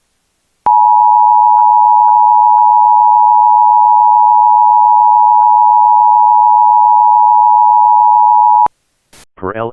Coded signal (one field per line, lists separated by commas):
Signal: Emergency Alert System (SAME) tones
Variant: 853 and 960 Hz attention tone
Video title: EAS | Laboratory Incident in Lake Charles, Louisiana